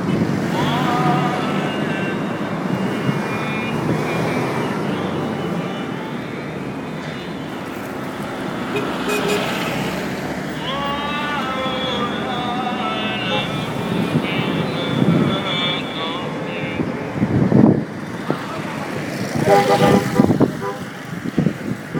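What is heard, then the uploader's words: An evening scene in Hurghada, Egypt, with a steady low rumble of traffic or engines running throughout. Voices and bits of music-like tones drift over it, and around 17 and 20 seconds a few louder bumps and clatters stand out. Sounds at Hurghada, egypt on Thursday evening.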